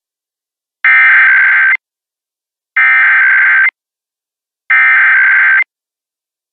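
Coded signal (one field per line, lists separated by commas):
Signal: Emergency Alert System (SAME) tones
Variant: header bursts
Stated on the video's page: Oklahoma statewide Required Monthly Test tones on AM station KFAQ, Tulsa.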